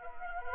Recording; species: mosquito wingbeat signal from an infrared sensor; Anopheles arabiensis